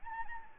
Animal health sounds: mosquito wingbeat signal from an infrared sensor; Anopheles gambiae

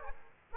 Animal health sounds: mosquito wingbeat signal from an infrared sensor; Aedes aegypti

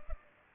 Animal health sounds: mosquito wingbeat signal from an infrared sensor; Culex pipiens

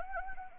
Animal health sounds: mosquito wingbeat signal from an infrared sensor; Anopheles arabiensis

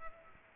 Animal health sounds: mosquito wingbeat signal from an infrared sensor; Culex pipiens

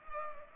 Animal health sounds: mosquito wingbeat signal from an infrared sensor; Culex pipiens

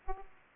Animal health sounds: mosquito wingbeat signal from an infrared sensor; Aedes aegypti

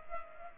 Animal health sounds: mosquito wingbeat signal from an infrared sensor; Culex pipiens

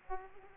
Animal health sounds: mosquito wingbeat signal from an infrared sensor; Aedes aegypti

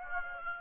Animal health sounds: mosquito wingbeat signal from an infrared sensor; Aedes aegypti

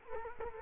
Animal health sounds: mosquito wingbeat signal from an infrared sensor; Culex quinquefasciatus

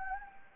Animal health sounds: mosquito wingbeat signal from an infrared sensor; Anopheles gambiae

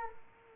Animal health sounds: mosquito wingbeat signal from an infrared sensor; Culex quinquefasciatus

